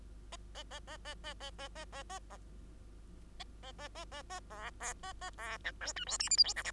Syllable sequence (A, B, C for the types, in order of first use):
A A A A A A A A A A A A A A A A A A B B A A B C D E F G H I J K L